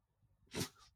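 A large Bernese mountain dog, asleep, gives a single short, breathy snore.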